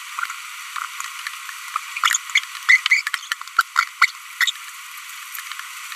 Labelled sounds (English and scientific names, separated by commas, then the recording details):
Green-rumped Parrotlet (Forpus passerinus) babbling
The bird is a female
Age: 25 days
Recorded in a nest box in Venezuela
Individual 17B42B1